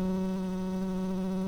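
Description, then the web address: Tree bumblebee buzzing: a steady, low, droning hum with rich overtones, continuous and unbroken. Workers. "Hypnorum workers"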